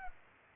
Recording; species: mosquito wingbeat signal from an infrared sensor; Culex pipiens